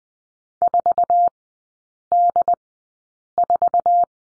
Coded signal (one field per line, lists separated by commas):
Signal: Morse code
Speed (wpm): 20 wpm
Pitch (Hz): 700 Hz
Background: none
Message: 4D4